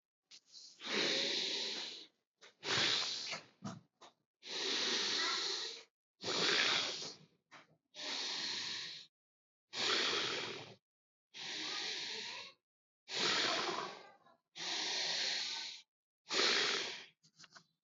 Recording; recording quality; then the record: deep breathing; excellent, no background noise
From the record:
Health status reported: healthy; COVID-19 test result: not tested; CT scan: not taken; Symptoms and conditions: none ticked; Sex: male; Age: 32 years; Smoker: no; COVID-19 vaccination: both doses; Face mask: not worn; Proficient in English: yes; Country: India